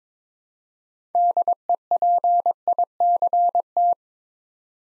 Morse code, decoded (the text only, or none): DEPICT